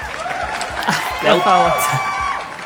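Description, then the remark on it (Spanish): A crowd applauds and cheers, with steady dense clapping and several rising whoops and shouts breaking through in the middle, staying fairly loud for under three seconds. “Aplausos.”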